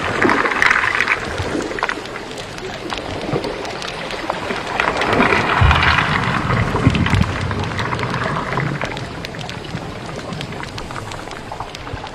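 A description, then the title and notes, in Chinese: Deep-sea water flow forms a steady, dense wash of sound, thick with fine crackling ticks and pops throughout. A low rumble swells and churns underneath, strongest around the middle, while the overall level stays fairly even before easing slightly toward the end. 深海水流。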